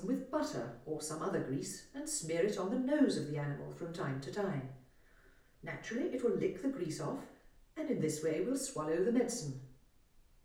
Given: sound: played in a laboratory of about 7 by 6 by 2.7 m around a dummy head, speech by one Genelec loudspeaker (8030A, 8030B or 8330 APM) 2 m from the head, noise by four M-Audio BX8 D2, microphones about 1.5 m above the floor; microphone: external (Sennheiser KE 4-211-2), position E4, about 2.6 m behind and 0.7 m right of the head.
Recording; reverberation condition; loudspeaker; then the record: female speech in English; medium; 30 degrees to the left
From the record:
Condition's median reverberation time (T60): about 510 ms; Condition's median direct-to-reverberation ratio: about -0.5 dB